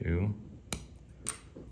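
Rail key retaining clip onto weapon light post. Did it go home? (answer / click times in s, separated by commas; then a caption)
yes / 0.7 s. Someone talks briefly as the small retaining clip of a weapon-light rail key is pressed onto its post with the insert tool. It snaps on with a sharp click at 0.7 s, seating the clip. A second sharp tick follows at about 1.3 s and a faint knock near 1.6 s.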